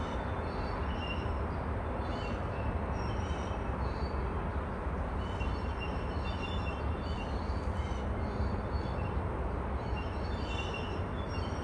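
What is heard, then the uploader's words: An outdoor recording dominated by a steady, dense, low roar that holds at an even loudness throughout, much like a train rolling past. Faint, thin calls, possibly birds, flicker high above the rumble now and then, mostly around the middle and toward the end. Various natural sound recordings from my homeland.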